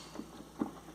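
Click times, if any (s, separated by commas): none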